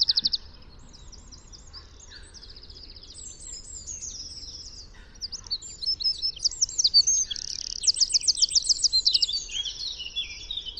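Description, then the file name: Wren song: a long, rapid run of high, jumbled twittering notes and fast trills that grows louder and ends in a string of bright, rolling trilled phrases. "Troglodyte"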